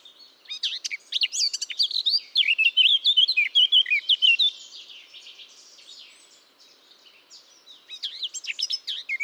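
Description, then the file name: Eurasian blackcap song: a dense warbled outburst for about four seconds, a lull filled with faint background twitters, then singing resumes. "Sylvia atricapilla"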